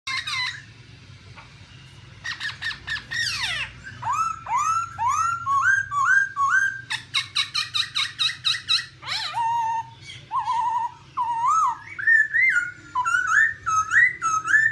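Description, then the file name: Black-throated laughingthrush giving a few scratchy notes, then a long varied song of clear whistles rising and falling, repeated in quick phrases, with a faint low hum. "tieng khuou bac ma hot"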